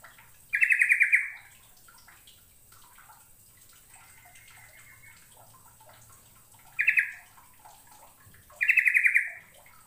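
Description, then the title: Bird song: three loud buzzy trilled bursts, separated by quiet stretches, with a faint thin whistled note in the longest gap. "Kicau Burung"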